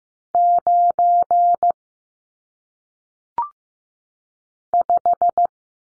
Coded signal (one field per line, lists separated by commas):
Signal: Morse code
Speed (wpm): 15 wpm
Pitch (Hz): 700 Hz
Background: none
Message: 9 5